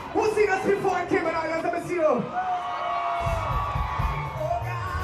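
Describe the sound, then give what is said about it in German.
A lively crowd cheers and shouts at a street parade of about a dozen local groups, some with large sound systems on trucks, with confetti cannons and bead necklaces handed to roadside spectators; many voices overlap in bursts of whoops and excited calls, with a low rumbling pulse joining in toward the end. “Die Menge davor ist mindestens vergnügungsfreudig.”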